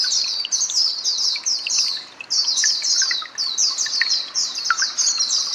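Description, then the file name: White-eye twittering song, a dense run of high, rapid chirps and trills with scattered lower notes; a brief pause near two seconds before the chatter resumes. "mata puteh"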